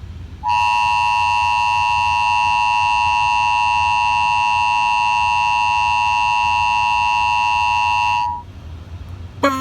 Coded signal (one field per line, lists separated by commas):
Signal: Emergency Alert System (SAME) tones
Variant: 853 and 960 Hz attention tone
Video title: Emergency Alert System Tornado Warning August 23, 2007